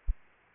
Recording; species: mosquito wingbeat signal from an infrared sensor; Aedes aegypti